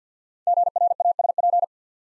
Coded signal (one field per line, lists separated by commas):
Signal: Morse code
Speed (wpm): 54 wpm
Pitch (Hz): 700 Hz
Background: none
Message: GRASP